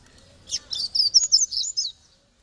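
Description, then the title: Double-collared seedeater song: a quick run of high, sweet twittering notes, several bright chirps tumbling together over about one and a half seconds, with quiet surroundings. "Canto Coleiro"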